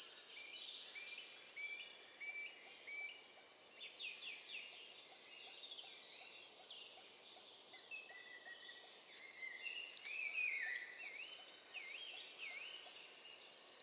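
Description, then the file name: Eurasian blue tit trills, fast runs of high repeated notes recurring several times amid a busy chorus of other birds chattering and whistling. "Cyanistes caeruleus"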